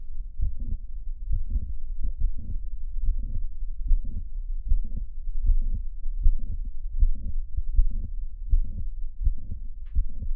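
Adult heart by stethoscope, about 79 beats per minute. Mitral valve prolapse with clicks and a soft late systolic murmur; nearly pansystolic on standing, the murmur shifts toward the end of systole when the patient squats.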